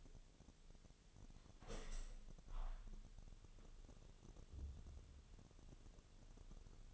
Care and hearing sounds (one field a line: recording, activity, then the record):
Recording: daily activity, microphone in the room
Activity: open window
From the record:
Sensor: 4